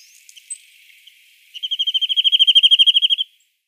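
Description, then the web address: Corsican nuthatch: a few faint high chips, then a quick, steady run of sharp high notes that grows louder and stops after nearly two seconds. "Schulze Peter Corsican Nuthatch calls"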